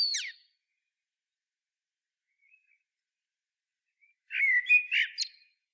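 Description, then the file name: Eurasian blackbird song: the tail of a falling high phrase, a long silence, then a low fluted warble that ends in squeaky high twitters. "Turdus merula"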